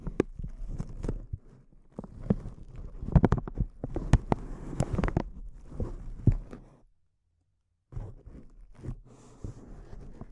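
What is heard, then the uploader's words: Intense close-up crinkles: dense, irregular crackling and sharp snaps, with the loudest bursts packed between about three and five seconds. The crinkling fades out near seven seconds, leaving about a second of silence, then resumes more softly and sparsely until the end. ASMR Intense Close-Up Crinkles (No Talking).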